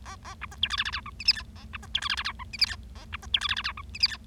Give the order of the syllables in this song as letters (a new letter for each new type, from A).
A A B C D E F F G H I J K A B C D E F F G H I J K A B C D E F F G H I J K